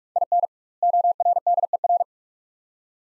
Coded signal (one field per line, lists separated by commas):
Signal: Morse code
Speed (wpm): 46 wpm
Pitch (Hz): 700 Hz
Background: none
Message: IN ORDER